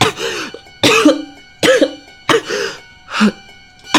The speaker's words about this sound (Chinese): 林天宇脸色惨白，突然扶着墙壁重重地咳嗽起来。